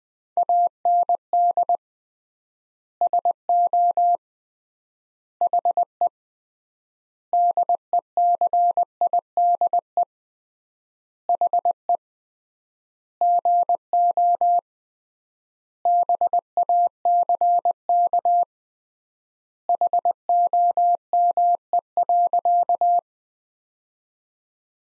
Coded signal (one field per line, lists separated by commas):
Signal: Morse code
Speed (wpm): 21 wpm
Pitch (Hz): 700 Hz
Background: none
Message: AND SO HE DECIDE HE GO BACK HOME.